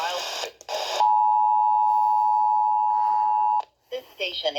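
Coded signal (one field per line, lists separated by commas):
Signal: Emergency Alert System (SAME) tones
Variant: 853 and 960 Hz attention tone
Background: speech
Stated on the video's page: Statewide Illinois monthly test alert tones received on TV and FM radio stations.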